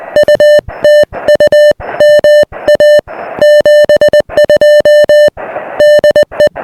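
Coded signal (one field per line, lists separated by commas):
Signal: Morse code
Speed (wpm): 20 wpm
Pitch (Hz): 3000 Hz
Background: music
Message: UTU MA 72 DE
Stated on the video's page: SOTA summit activation with an Elecraft KX1 on internal battery and a 20-meter delta loop antenna.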